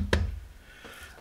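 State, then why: Seated. A connector with a yellow edge is angled slightly into a black socket on a motherboard and pushed down, giving one sharp click at 0.1 s. The click is followed by quiet low hum. The connector is seated, its yellow edge sitting right against the black socket.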